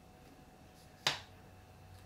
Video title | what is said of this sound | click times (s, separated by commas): FX Impact & FX Wildcat - Unboxing and Setup | you feel it lock into place | 1.1 s